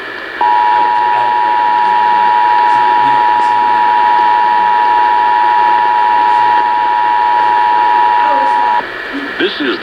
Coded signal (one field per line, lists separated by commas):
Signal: Emergency Alert System (SAME) tones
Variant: 853 and 960 Hz attention tone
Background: speech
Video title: RMTs to End Summer School! (Monthly EAS Tests from 7/11/23) (EAS #1,034-1,042)